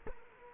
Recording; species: mosquito wingbeat signal from an infrared sensor; Culex quinquefasciatus